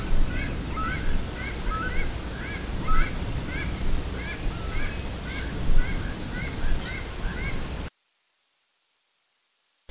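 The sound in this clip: Bird calling, short paired chirps repeated roughly once a second over a steady low rumble, then sudden silence for the last two seconds.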